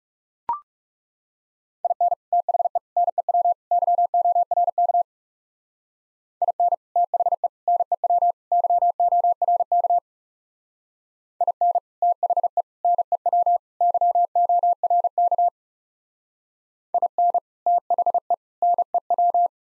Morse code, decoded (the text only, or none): IN THE NEW YORK IN THE NEW YORK IN THE NEW YORK IN THE NEW